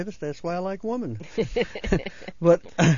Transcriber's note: they laugh